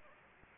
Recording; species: mosquito wingbeat signal from an infrared sensor; Anopheles gambiae